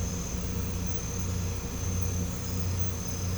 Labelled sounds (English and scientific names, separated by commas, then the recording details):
none
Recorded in pastures near Puerto Asís, Putumayo, Colombia, on 21 December 2024 at 01:00
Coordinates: 0.505, -76.324
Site G063